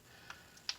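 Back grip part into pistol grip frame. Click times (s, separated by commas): 0.7 s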